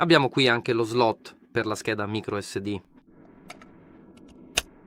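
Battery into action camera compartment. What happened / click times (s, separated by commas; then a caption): The battery snapped into its compartment / 4.6 s. A battery pack is inserted into the side compartment of a GoPro Mission 1 action camera. Someone talks for the first three seconds, then faint handling ticks follow. A sharp, loud snap at 4.6 s marks the battery seating in place.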